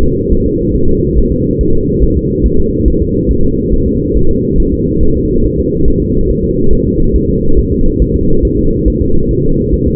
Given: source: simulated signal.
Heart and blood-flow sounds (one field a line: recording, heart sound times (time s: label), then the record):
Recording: fetal heart sounds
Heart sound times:
0.03 s: S2
0.32 s: S1
0.46 s: S2
0.75 s: S1
0.89 s: S2
1.18 s: S1
1.32 s: S2
1.61 s: S1
1.75 s: S2
2.03 s: S1
2.17 s: S2
2.46 s: S1
2.60 s: S2
2.88 s: S1
3.02 s: S2
3.31 s: S1
3.45 s: S2
3.74 s: S1
3.88 s: S2
4.17 s: S1
4.31 s: S2
4.60 s: S1
4.74 s: S2
5.03 s: S1
5.17 s: S2
5.45 s: S1
5.59 s: S2
5.88 s: S1
6.02 s: S2
6.30 s: S1
6.44 s: S2
6.73 s: S1
6.87 s: S2
7.16 s: S1
7.30 s: S2
7.58 s: S1
7.72 s: S2
8.02 s: S1
8.16 s: S2
8.45 s: S1
8.59 s: S2
8.88 s: S1
9.02 s: S2
9.31 s: S1
9.45 s: S2
9.73 s: S1
9.87 s: S2
From the record:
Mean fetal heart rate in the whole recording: 140 bpm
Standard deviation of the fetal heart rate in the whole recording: 2 bpm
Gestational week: 34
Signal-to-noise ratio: -17.7 dB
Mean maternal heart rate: 72 bpm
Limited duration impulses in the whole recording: present